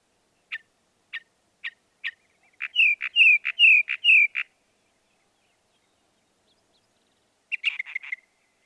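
Northern mockingbird song: four spaced clicks, then a fast run of slurred whistled notes, a long pause and a brief chattering phrase.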